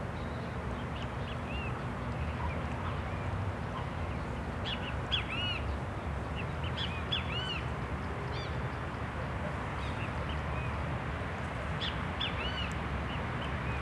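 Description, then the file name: Great kiskadee calls: arched, ringing notes in short bursts scattered throughout, over a constant low rumble of background noise. Several birds recorded beside a lake in a city park in Brasília, Brazil. "Passaros Bem-Te-Vi a Beira do Lago do Parque da Cidade de Brasilia"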